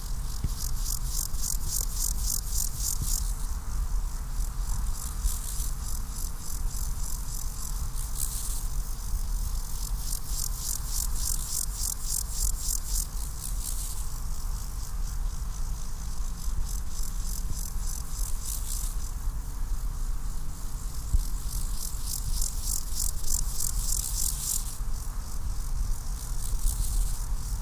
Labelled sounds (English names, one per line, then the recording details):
Steppe Grasshopper stridulation
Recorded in the wild
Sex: male
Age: imago
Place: Mühlenbeck, Brandenburg, DE
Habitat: Feuchtwiese
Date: 1997-08-31 15:26
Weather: 24°C, heiter (Wolkenschatten)
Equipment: Sony MD-WM MZ-R3, Sennheiser ME 80, K 30 AV, Kopie Uher 4000 Report Monitor
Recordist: Tembrock, Günter
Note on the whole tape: Stridulation bei Wolkenschatten. Feuchte Waldwiese bei Summt